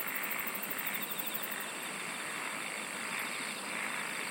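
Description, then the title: Insect song as an unbroken shrill hiss, topped by a quick high pulsed trill early on and a mid-pitched pulsing series underneath. "SINGING OF INSECTS"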